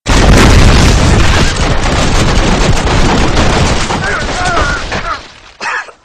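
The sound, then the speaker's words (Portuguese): Loud, sustained video game machine-gun fire from about 30 enemies shooting at the player, a dense roar of rapid overlapping shots that thins out toward the end before one short final burst. “Você dá 6 tiros na cabeça dos caras e os outros 30 metralham você.”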